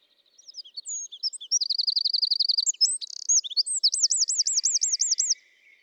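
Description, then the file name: Eurasian wren singing a loud, fast sequence of high squeaky notes running into buzzy trills, a brief rattle, and a final rolling, looping trill. "Troglodytes troglodytes"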